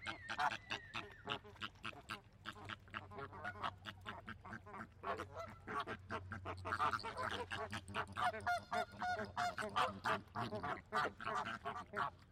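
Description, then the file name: Flamingos calling as a flock, a dense stream of nasal goose-like honks overlapping rapidly throughout, growing busier and harsher toward the end, with a low hum beneath. Flamingos in a zoo park. "ambience park zoo flamingos"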